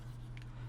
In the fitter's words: that locks into place